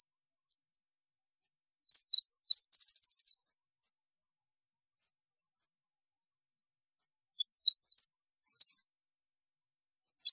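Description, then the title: European goldfinch song in short scattered phrases, a few quick twittering notes and a brief buzzy trill, with long silent gaps between. "Chant Chardonneret"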